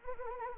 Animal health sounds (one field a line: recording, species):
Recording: mosquito wingbeat signal from an infrared sensor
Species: Anopheles arabiensis